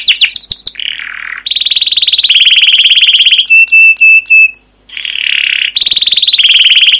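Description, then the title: Canary song with varied phrases: quick sweeping chirps, a harsh buzzy burst, long rapid high trills, and a run of clipped metallic whistled notes. Canary song used as a lure (pancingan) to train other canaries; described as long, continuous rolling song (gacor panjang, ngerol) with 'cuit cuit' notes. "CUIT CUIT NGEROL LANGSUNG GACOR PANJANG Kenari Pancingan KENAR. Masteran Suara Burung Kenari Gacor Panjang cuit cuit Ngerol untuk Pancingan Kenari!"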